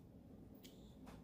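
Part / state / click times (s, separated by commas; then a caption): red wire terminal into heater wiring connector housing / not seated / none. A red wire's terminal is being handled at the top position of the plastic connector housing for a Firestorm UTV heater's wiring, during an install on a Polaris Ranger 900XP. Two brief, soft handling sounds are heard near 0.6 and 1.1 seconds over a steady low hum. Nothing has seated or clicked yet.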